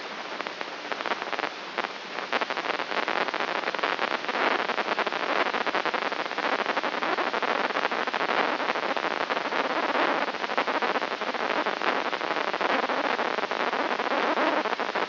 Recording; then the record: brain microelectrode recording played as sound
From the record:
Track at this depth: inside the subthalamic nucleus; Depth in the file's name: 5.629 mm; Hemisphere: left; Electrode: 3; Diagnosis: Parkinson's disease